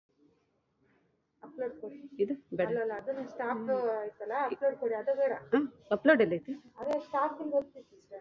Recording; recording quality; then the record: counting at a fast pace; poor, much background noise or distortion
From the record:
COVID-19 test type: RT-PCR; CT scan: not taken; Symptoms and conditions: cough, cold, loss of smell and taste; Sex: female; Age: 40 years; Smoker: no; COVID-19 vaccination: both doses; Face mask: worn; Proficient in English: yes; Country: India